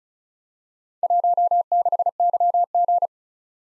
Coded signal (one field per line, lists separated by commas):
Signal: Morse code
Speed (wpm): 36 wpm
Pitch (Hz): 700 Hz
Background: none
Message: 16YG